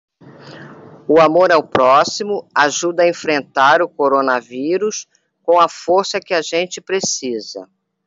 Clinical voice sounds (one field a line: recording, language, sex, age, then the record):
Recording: spoken sentence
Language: Brazilian Portuguese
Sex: female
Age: 60 to 69 years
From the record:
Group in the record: control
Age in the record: 64 years